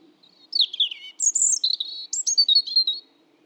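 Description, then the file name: European robin singing a single sparkling phrase of high, liquid whistles, quick trills and sliding notes, lasting about two and a half seconds in near silence. "Erithacus rubecula"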